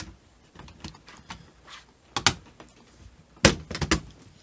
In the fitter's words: should just snap right in shouldn't be too hard at all just apply a little bit of gentle force to it and